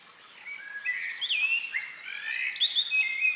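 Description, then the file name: Common blackbird song: a run of mellow, warbled whistles that rise and fall, with a few higher twittering notes near the end; faint background hiss. "Turdus merula"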